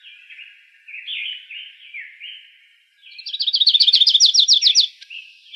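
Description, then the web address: Grace's warbler singing, with several soft sliding chip notes leading into a quick, loud trill of sharp repeated notes, then a final short note. Recorded in Arizona on 16 May 2003. "Dendroica GRWA 051603. deviche"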